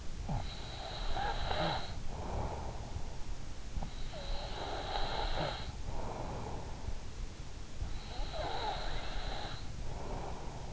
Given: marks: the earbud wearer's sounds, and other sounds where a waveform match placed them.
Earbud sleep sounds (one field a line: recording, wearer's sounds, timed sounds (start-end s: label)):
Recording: sounds in sleep by an in-ear microphone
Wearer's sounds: breath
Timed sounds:
0.00-3.02 s: breath
4.16-6.68 s: breath
7.94-10.73 s: breath